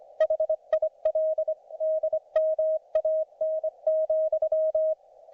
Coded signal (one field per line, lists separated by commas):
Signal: Morse code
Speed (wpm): 25 wpm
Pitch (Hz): 630 Hz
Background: none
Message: HIL D MAN,